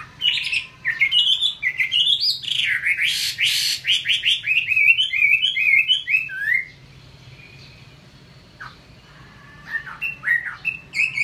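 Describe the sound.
Chinese hwamei song: a loud stream of rapid whistled, slurred notes for about six seconds, then near silence with a few scattered chirps; steady low hum behind.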